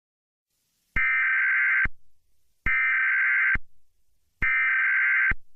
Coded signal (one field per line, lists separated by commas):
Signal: Emergency Alert System (SAME) tones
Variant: header bursts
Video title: EAS Scenario: Zombie Deer